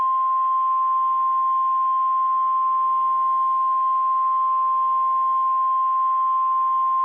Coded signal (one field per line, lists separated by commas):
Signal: Emergency Alert System (SAME) tones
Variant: 1050 Hz attention tone